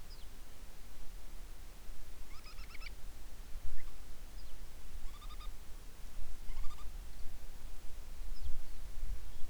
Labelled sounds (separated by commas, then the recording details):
bird
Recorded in the Prudhoe Bay oil fields, Alaska, on 10 July 2019 at 10:06
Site 11